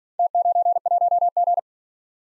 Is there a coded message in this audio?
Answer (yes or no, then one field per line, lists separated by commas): yes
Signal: Morse code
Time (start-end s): 0.2-1.6 s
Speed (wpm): 47 wpm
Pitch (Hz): 700 Hz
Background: none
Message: T91G